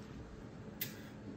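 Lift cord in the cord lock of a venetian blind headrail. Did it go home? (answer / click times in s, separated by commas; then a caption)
released / 0.8 s. The lift cord in the cord lock of a venetian blind headrail is pulled left, and the cord lock gives a single sharp click at 0.8 s as it disengages over a quiet, steady low background. The cord is released.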